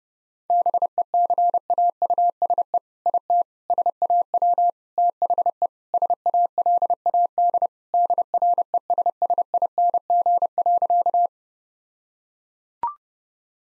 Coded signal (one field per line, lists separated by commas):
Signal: Morse code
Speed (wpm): 30 wpm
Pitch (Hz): 700 Hz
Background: none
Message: BECAUSE IT SAW THE SALAD DRESSING.